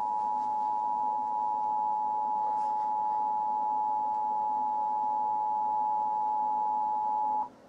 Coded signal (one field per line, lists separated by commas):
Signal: Emergency Alert System (SAME) tones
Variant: 853 and 960 Hz attention tone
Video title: Frost Inc. Research Facility EAS Meltdown ⚠️note ⚠️ not real